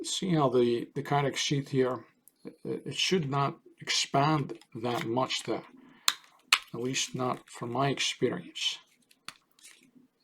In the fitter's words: It should just be an easy in and out there. It should snap right in, but this is not.